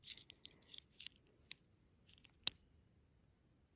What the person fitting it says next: it just clicks into place